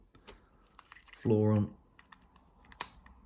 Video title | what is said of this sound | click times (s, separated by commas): Even more lights! | Chassis on. Clicked in place. | 2.8 s